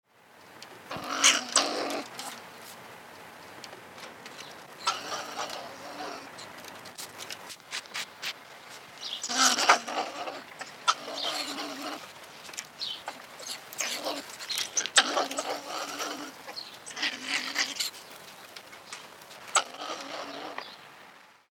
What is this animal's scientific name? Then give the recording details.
Martes martes. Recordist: Tembrock, Günter. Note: Paar: Begegnungslaute